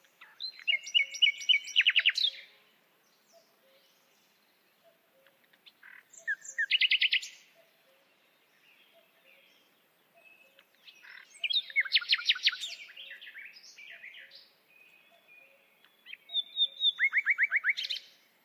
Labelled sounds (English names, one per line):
Common Nightingale song